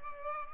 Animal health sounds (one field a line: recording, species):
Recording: mosquito wingbeat signal from an infrared sensor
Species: Culex pipiens